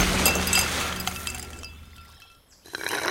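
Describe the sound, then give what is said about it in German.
Ice cubes tumble into a glass of lemonade with a quick run of bright clinks and clatter, high ringing tones fading out before one last small rattle at the end. “Willst du noch mehr Eiswürfel”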